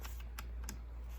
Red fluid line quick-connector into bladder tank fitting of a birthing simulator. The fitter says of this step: This one, it clicks in place.